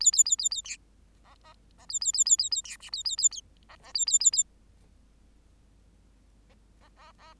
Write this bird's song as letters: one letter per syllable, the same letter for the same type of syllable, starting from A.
A A A A A B C C C A A A A A A B D A A A A C C A A A A C C C C